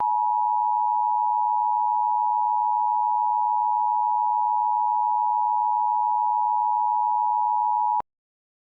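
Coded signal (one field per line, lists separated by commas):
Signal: Emergency Alert System (SAME) tones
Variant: 853 and 960 Hz attention tone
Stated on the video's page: Fictional EAS scenario recreation.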